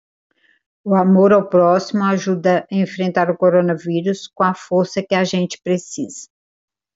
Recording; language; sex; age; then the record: spoken sentence; Brazilian Portuguese; female; 60 to 69 years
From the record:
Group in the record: control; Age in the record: 61 years